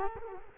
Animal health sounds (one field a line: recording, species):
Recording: mosquito wingbeat signal from an infrared sensor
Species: Culex quinquefasciatus